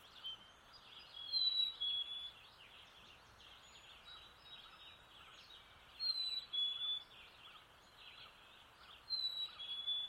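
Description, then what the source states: Black-capped chickadee whistles a pure high note followed by a lower one, three times throughout, with busy chirping birds and constant water-like rushing behind. Call at dawn with a distant river.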